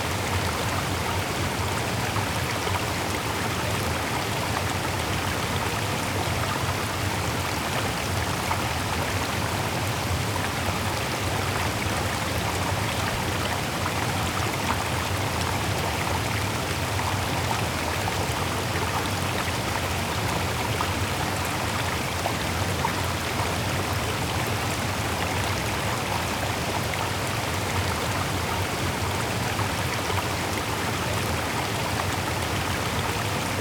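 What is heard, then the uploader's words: A waterfall pours in a steady, dense roar that never lets up across the whole stretch. The rushing sound fills everything from a low rumble to a bright hiss, with a spattery, rain-like texture and no other sounds breaking through. One Hour Of Waterfall Sounds.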